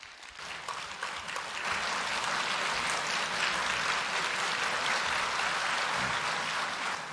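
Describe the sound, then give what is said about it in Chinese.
Sustained audience applause at a xiangsheng (Chinese crosstalk comedy) performance, a dense crackle of many hands clapping that swells within the first two seconds and holds steady and loud to the end, with no voices heard. “谢谢大家， 感谢朋友们热情的掌声。”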